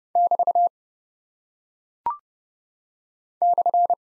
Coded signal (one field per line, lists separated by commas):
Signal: Morse code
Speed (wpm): 30 wpm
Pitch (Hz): 700 Hz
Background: none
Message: <BT> /